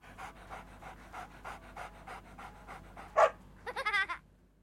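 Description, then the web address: Working dog panting in a run of breathy bursts, followed by a sharp yelp and a short wavering whine. "Working Dog. perro de trabajo"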